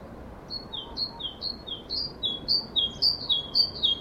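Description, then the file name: Great tit song: alternating higher and lower whistled notes repeated steadily, growing slightly louder over four seconds. "Parus major"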